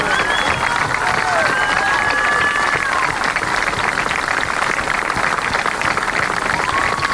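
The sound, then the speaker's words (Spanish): An audience applauds steadily for several seconds, a dense, even wash of clapping with a few high whistles and scattered voices rising through it. “Y que quede bien claro que lo que estamos aplaudiendo es esta conquista del campo popular”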